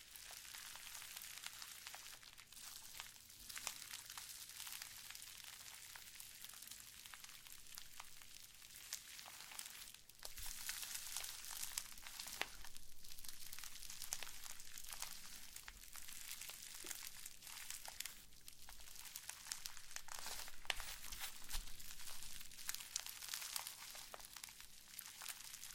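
Slime being squished and worked for ASMR, a dense, bright crackle of tiny wet pops and crinkles that never stops. Sharper squelches and clicks burst through every second or two, and the texture grows a little louder after about ten seconds.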